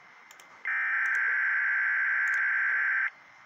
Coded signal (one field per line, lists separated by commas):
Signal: Emergency Alert System (SAME) tones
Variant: header bursts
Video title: EAS 424 KIH35 RWT ON WAHC-PGH Because my iPad wouldn't save my WR-300 Activation 🙃